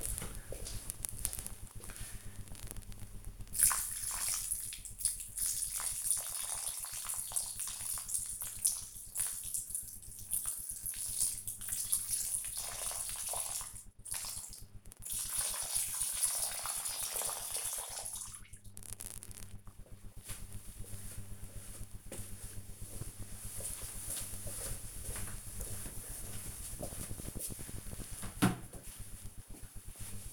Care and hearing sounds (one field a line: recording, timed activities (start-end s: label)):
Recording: household activities, microphone on the right wrist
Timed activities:
0.00-19.38 s: watering plant